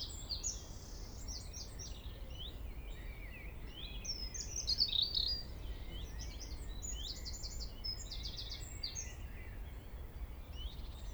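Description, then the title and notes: European robin singing sweet, high-pitched warbles and quick trills in irregular bursts, with a constant low hum of ambient noise beneath. Early evening, April 2019, at the top of the Traouïero valley, Trégastel, France; recorded with an ORTF pair of MKH 8040 microphones into a MixPre-D and Zoom H5. "Vallée des Traouiero, Trégastel, France - Robin Redbreast on the top of the valley [Valley Traouïero]. yponomeutaneko"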